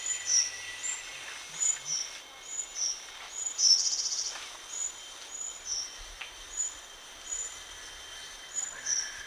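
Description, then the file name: Rufous-chested flycatcher giving thin, high whistled notes in a steady series over a constant insect drone, with a brief buzzy burst midway. Recorded at Danum on 1 March 2008. "DANUM 20080301"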